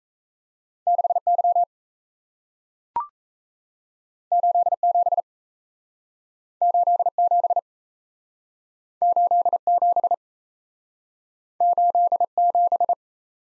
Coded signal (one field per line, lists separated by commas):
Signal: Morse code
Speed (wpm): 38 wpm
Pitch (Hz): 700 Hz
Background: none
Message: 6Y 87 87 87 87